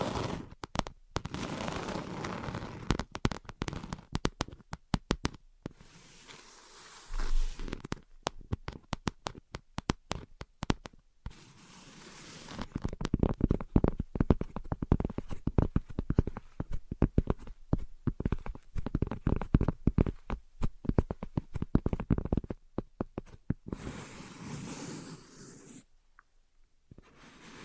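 Invisible tapping and scratching: dense, rapid clicks and scrapes run through the whole recording in irregular bursts. The activity thins into sparse taps with short pauses around six to twelve seconds, then thickens again before fading out near the end.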